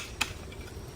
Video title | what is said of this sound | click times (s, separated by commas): Bobcat Training Video | and latch the lock | 0.2 s